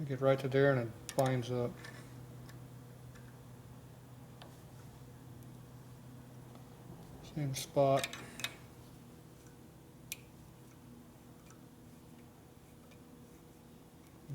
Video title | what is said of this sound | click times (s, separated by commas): #109 1957 panhead STD head conversion drag bike race harley antique nationals 2018 | There, I heard it pop. I felt it pop that last thread. | 10.1 s